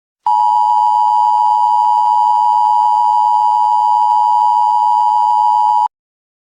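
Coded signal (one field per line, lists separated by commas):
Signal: Emergency Alert System (SAME) tones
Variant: 853 and 960 Hz attention tone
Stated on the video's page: Mock, simulated severe thunderstorm warning alert.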